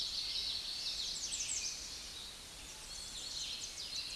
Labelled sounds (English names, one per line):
American Redstart song